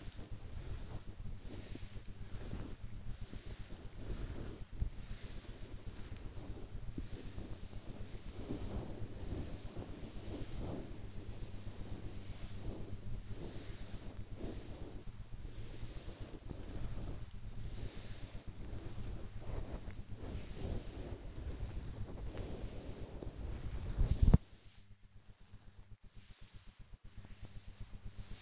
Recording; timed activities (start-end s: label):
household activities, microphone on the right wrist
0.00-28.42 s: petting the dog